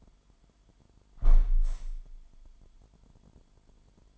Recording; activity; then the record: daily activity, microphone in the room; close window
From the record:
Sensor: 5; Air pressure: 998.7 hPa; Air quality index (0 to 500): 105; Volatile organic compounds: 2 ppm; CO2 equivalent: 1209 ppm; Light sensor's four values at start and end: 52/128/53/60 and 52/128/53/60